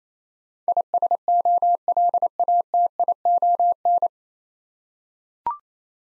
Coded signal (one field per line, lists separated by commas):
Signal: Morse code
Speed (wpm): 28 wpm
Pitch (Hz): 700 Hz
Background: none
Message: ISOLATION